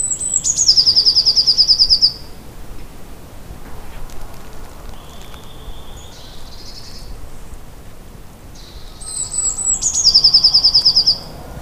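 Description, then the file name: Eurasian blue tit calling: thin, very high notes run into a fast ringing trill, given twice, with softer high buzzy calls between them. "Cyanistes caeruleus"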